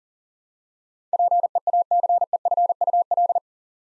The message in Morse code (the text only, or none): PEACEFUL